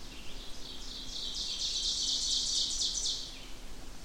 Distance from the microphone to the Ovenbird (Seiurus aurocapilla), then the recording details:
about 45 m. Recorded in boreal forest in Alberta, Canada, on 16 June 2016 at 08:06. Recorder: SongMeter 3, array SBT-3-32. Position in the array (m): 142 m, 27 m. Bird 36